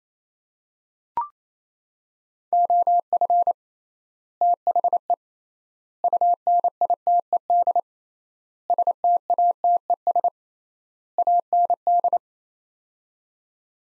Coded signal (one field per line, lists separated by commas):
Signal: Morse code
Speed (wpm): 28 wpm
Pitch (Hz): 700 Hz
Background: none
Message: OF THE UNITED STATES AND